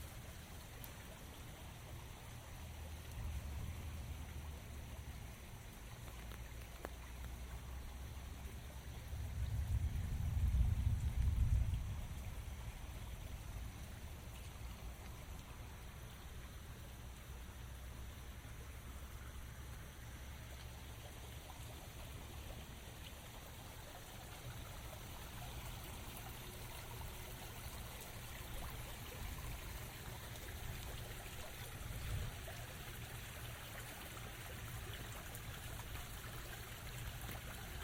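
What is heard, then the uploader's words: Steady rain patters throughout, a dense, even hiss with a trickling, stream-like quality. Around ten to twelve seconds a low rumble swells and fades, like a passing vehicle, and faint low thuds recur in the background. Relaxing Walk in the Rain, Umbrella and Nature Sounds for Sleep and Relaxation _ 4k ASMR.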